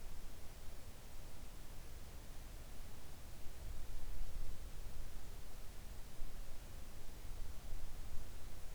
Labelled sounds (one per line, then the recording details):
near silence
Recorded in the Arctic National Wildlife Refuge, Alaska, on 3 August 2019 at 06:10
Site 41